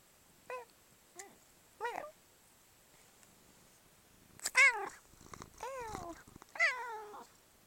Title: the most talkative kitty on the planet